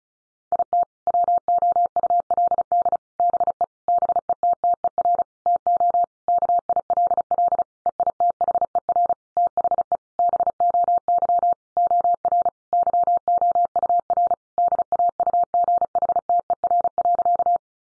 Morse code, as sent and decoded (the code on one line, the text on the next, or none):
.. - / .-- --- ..- .-.. -.. / -... . / -... . - - . .-. / - --- / -.- .. .-.. .-.. / . .. - .... . .-. / - .... . / -... --- -.-- / --- .-. / -.-- --- ..- .-. / -.. .- ..- --. .... - . .-. .-.-.-
IT WOULD BE BETTER TO KILL EITHER THE BOY OR YOUR DAUGHTER.